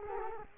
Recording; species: mosquito wingbeat signal from an infrared sensor; Culex quinquefasciatus